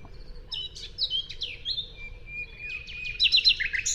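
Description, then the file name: Common nightingale song of varied downslurred notes and a long thin whistle, building to a quick rattling run of sharp notes near the end; steady low rumble beneath. "Luscinia megarhynchos"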